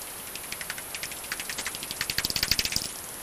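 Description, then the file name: Common pipistrelle echolocation calls heard as rapid dry ticks, sparse at first, then quickening into a dense run of sharp clicks before easing off. "pip 45 bat"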